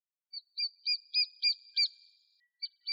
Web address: Dendrocopos minor